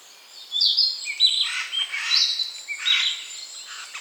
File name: Garrulus glandarius